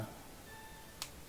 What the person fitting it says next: Yeah, that still snaps into place, so that's good.